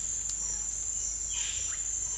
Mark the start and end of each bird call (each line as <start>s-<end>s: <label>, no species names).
1.20s-1.92s: bird call